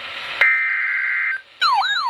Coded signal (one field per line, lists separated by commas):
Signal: Emergency Alert System (SAME) tones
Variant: header bursts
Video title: ***TRIPLE HEADER*** Flood Warnings (EAS# 15-17)